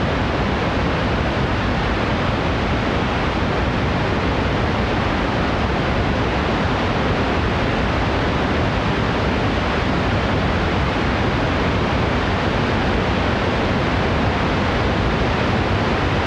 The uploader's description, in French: La mer, le vent, les glaciers, les cascades, les torrents,les sources bouillonnantes, les geysers